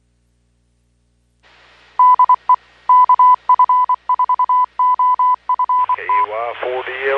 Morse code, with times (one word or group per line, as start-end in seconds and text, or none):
2.0-2.5 DE
2.9-6.2 KF4OFT